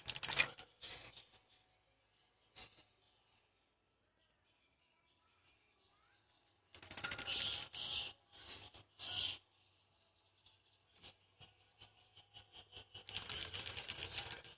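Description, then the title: Swiftlet calls: dry clicking ticks and bursts of buzzy, rasping chirps, with quiet gaps between them and a faint low hum underneath. "Suara Burung Wallet"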